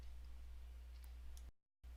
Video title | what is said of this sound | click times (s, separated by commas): How to Build the HALO UNSC Warthog 1:32 Scale Revell Model Kit #85-1766 Review | The body is now snapped into place on the chassis pan. | 1.0 s, 1.4 s